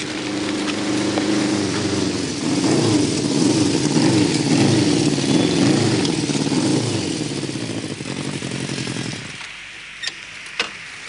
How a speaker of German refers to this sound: Kurz nachdem sie sich versteckt haben, rattert Uschis Motorrad heran.